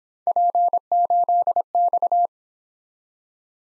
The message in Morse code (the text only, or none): P8X